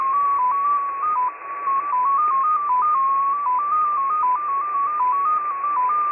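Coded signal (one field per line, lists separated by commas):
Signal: multi-tone FSK (Olivia or MFSK type)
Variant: XPA2, 14-tone MFSK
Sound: single warbling tone hopping between nearby pitches in slow, irregular steps over hiss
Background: radio static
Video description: XPA2 is a digital mode of the Russian 7 operator. It utilizes a custom 14-tone MFSK system.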